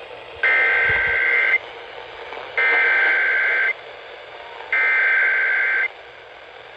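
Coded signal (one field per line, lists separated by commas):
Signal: Emergency Alert System (SAME) tones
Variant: header bursts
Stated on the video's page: Hurricane Helene EAS alerts, some received on a BC370CRS.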